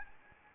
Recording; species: mosquito wingbeat signal from an infrared sensor; Anopheles arabiensis